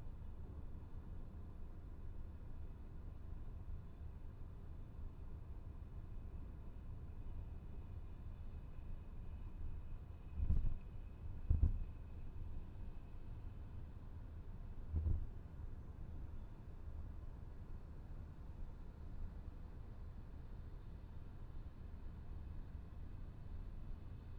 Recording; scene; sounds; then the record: everyday scene through a hearing-aid microphone; in a vehicle; engine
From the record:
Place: VW T5 Caravelle, diesel engine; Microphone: behind the ear, left, front